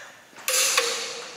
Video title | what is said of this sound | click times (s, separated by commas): TUTORIAL: How to torque lug nuts properly on your trailer - 15K Axles | so then we'll do the second until it clicks | 0.5 s